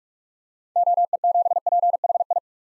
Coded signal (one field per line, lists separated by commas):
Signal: Morse code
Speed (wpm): 42 wpm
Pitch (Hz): 700 Hz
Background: none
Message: OE7PHI